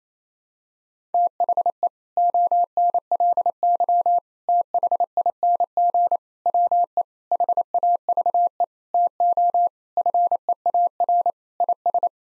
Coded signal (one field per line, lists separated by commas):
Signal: Morse code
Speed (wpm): 28 wpm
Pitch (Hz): 700 Hz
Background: none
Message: THE ONLY THING WE HAVE TO FEAR IS